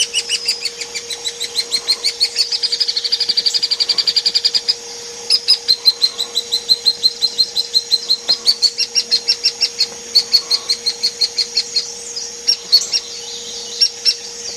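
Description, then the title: Hairy woodpecker uttering sharp, high calls in a rapid series, then slower, more widely spaced calls continuing to the end. Compiled as masteran tutor audio for training songbirds such as oriental magpie-robin, white-rumped shama and greater green leafbird. "platuk hairy untuk kacer murai cucak hijau masteran"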